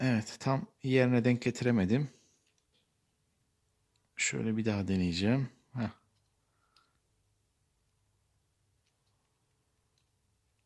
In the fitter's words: hala niye oturmadı